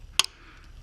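The plastic retaining pins of a Ford Focus oxygen (O2) sensor connector are pressed into the metal mounting bracket. A sharp snap at 0.2 s is followed by a softer tick, then quiet hiss until a brief rustle at the end. The connector clip is seated in the bracket.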